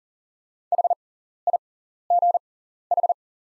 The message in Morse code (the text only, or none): HIGH